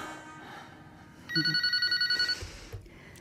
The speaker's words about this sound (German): Mir blieb fast das Herz stehen, als auf einmal das Telefon anschlug.